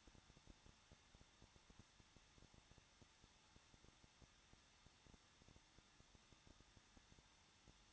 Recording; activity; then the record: daily activity, microphone in the room; no activity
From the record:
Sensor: 3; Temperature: 21.2 degrees Celsius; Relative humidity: 36.4%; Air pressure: 1006.4 hPa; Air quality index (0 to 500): 223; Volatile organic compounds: 43 ppm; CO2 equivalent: 3189 ppm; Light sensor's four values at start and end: 2/3/2/2 and 2/3/2/2